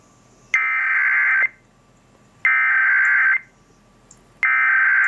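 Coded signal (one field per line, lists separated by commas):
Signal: Emergency Alert System (SAME) tones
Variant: header bursts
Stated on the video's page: Alert tones from a Sangean CL-100 weather radio during siren testing.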